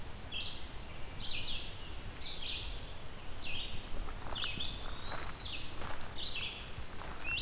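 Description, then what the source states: Red-eyed Vireo song: short, slurred whistled phrases, each a quick up-or-down flourish, delivered roughly once a second with brief pauses, over soft steady background hiss. Song loud enough to overpower other birds nearby.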